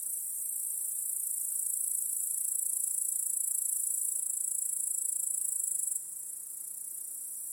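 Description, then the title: Crickets keep up an unbroken, very high-pitched pulsing chorus that swells slightly, then drops to a quieter, even drone near the end. Cricket chorus in a backyard at night. "Crickets in Your Backyard 🏡"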